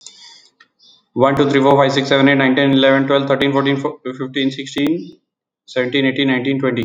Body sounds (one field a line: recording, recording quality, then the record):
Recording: counting at a fast pace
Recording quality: excellent, no background noise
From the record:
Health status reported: exposed to COVID-19, no respiratory illness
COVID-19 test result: negative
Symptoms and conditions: cough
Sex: male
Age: 48 years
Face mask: not worn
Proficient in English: yes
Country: India